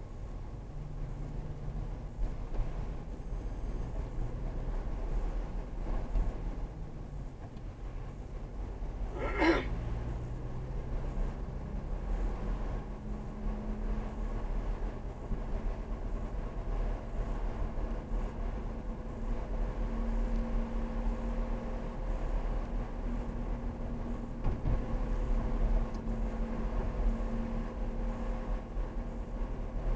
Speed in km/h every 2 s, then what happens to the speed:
34, 35, 29, 32, 40, 42, 47, 47, 47, 48, 50, 48, 48, 48, 50.
0-5 steady at about 34. 5-11 speeds up to 47. 11-30 steady at about 48.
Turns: none.